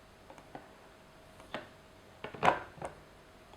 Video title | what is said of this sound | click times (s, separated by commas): Blue Origin's New Glenn Rocket Model Unboxing | and then carefully pop into place | 2.5 s